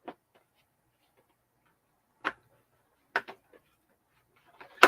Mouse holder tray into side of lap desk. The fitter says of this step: you will hear it when it snaps in place you can see there